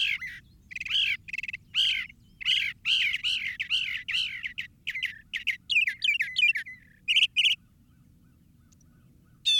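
Northern mockingbird song: a dense run of harsh and whistled notes, each type repeated a few times before changing, over a soft low background hum.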